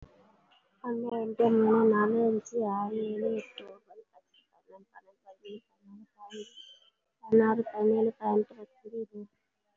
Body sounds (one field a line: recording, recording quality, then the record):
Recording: counting at a fast pace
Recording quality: excellent, no background noise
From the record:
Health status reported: respiratory illness, not identified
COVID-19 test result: negative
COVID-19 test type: RT-PCR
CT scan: taken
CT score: 0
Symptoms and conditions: cough, cold, breathing difficulty, pneumonia, another respiratory illness, another condition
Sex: female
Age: 37 years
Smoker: no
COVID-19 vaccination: none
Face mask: worn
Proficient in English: yes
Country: India